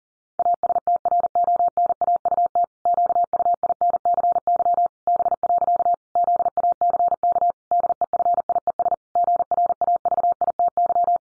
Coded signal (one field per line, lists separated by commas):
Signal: Morse code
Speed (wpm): 40 wpm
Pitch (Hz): 700 Hz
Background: none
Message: ASTRONAUT QUINCY B. ZACK DEFIES GRAVITY